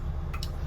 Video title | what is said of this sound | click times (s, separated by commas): CDL Platinum New Ent Driver on tour Basics | you'll hear it lock you'll be able to ready to go | 0.4 s